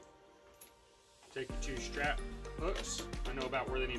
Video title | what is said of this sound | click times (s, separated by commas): Rovic RV1D Disc Golf Cart | lock it back | 0.6 s